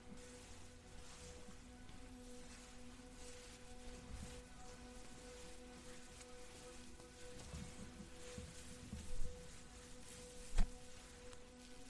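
Hair brushing makes a soft, continuous crackling rustle, like light patter, throughout. Steady low tones hold unchanged underneath. A few sharper taps and bumps stand out, loudest near nine seconds and at about ten and a half.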